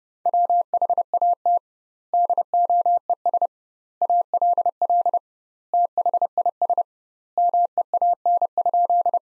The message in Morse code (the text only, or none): WHAT DOES ALL THIS MEAN?